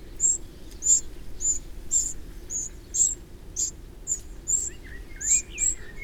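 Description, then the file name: Eurasian wren calls, hard high ticks repeated steadily, with a few lower sliding bird notes near the end. "Troglodytes troglodytes"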